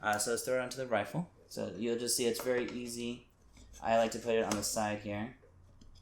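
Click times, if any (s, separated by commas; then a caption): none. Someone talks while an Olight BALDR PRO weapon light with a green laser is brought onto the side of a rifle's accessory rail by hand, with faint handling taps near the end. Nothing has snapped or seated yet, and the locking lever has not been closed.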